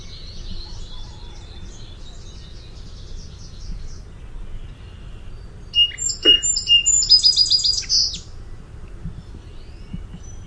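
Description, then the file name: Song sparrow song: introductory whistles, then a rapid buzzy trill just past the middle, with faint twittering at the start and quiet background. "SOSP song"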